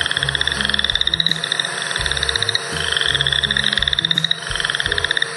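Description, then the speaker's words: Chorus frog calling, a series of rapid clicking trills rising slightly in pitch, repeated several times over soft steady music underneath. Calgary-area amphibian example. "Did you know that a chorus frog sounds like this?"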